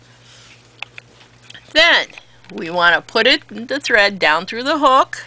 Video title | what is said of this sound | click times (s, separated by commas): sewing lesson episode 12 lesson 5 sewing machine basics | and then we let it move over, and then we listen for that click. When it clicks, | 0.8 s